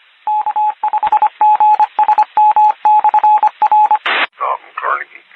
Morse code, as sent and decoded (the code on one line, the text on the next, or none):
-.- ..... --. ... -- -..-. .-.
K5GSM/R